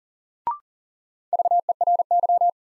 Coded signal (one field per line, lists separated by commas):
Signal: Morse code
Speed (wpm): 40 wpm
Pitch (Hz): 700 Hz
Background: none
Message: VERY